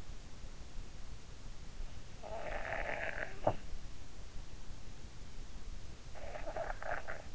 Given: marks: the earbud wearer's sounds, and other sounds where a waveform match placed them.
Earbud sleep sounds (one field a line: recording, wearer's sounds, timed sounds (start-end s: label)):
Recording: sounds in sleep by an in-ear microphone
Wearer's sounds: snoring breath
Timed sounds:
2.15-3.60 s: snoring breath
6.16-7.35 s: snoring breath